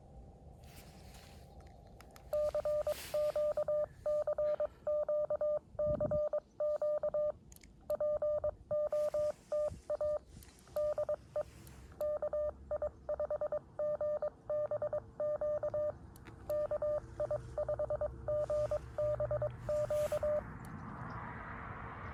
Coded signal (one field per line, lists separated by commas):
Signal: Morse code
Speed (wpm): 22 wpm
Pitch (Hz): 600 Hz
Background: none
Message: CQ CQ CQ POTA DE KI5GBQ KI5GBQ